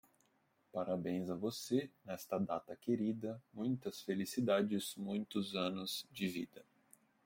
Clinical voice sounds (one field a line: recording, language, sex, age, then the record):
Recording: short text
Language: Brazilian Portuguese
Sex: male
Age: 30 to 39 years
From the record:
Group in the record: control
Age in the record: 36 years